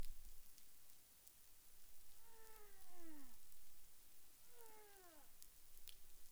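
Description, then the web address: Humpback whale calls: two drawn-out downsweeping tones, each rich in stacked harmonics, sliding lower over about a second, separated by a short gap, over steady underwater hiss. Caribbean, recorded 30 January 2021 at about 12:54 UTC. "humpback whale 20210130 125458 UTC"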